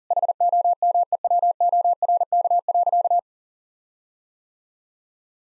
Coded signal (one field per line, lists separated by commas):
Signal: Morse code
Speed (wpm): 40 wpm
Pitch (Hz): 700 Hz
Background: none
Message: HOMEWORK.